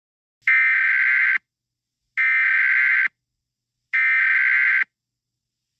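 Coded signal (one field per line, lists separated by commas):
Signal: Emergency Alert System (SAME) tones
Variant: header bursts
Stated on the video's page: Simulated EAS alert scenario.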